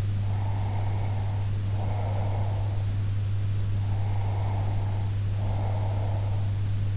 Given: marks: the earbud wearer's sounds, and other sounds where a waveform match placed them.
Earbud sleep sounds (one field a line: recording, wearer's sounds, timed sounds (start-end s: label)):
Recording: sounds in sleep by an in-ear microphone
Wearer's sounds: breath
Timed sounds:
0.22-2.85 s: breath
3.88-6.51 s: breath